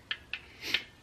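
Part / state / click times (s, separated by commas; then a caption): torque wrench on connecting rod bolt / torque reached / 0.1 s, 0.3 s. A torque wrench on a connecting rod bolt, during piston installation in a 2G Eclipse engine build, is pulled once more to re-check it, and it gives sharp clicks at 0.1 s and 0.3 s as it reaches its setting. A broader, louder sound follows at about 0.7 s. The bolt's torque is confirmed.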